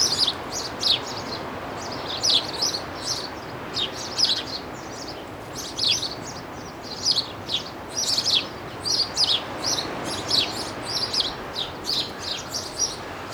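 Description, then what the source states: Birds twittering busily, with many rapid high chirps and trills overlapping throughout, above a constant broad hiss of background noise. Birds in a seaside garden.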